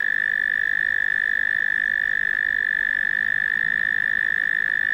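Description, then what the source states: Cricket producing a steady, monotonous high trill without pause, level in pitch from start to end. Australian cricket, among various Australian insects.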